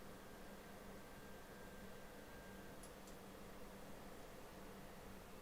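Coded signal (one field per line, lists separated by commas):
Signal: FT8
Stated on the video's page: Live FT8 test transmission.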